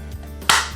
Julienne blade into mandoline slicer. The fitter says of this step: and snaps right in place.